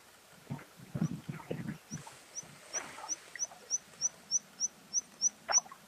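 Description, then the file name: Bluethroat singing a soft, evenly spaced run of thin high notes, about three per second, growing louder toward the end over low rustling. "gorge bleue"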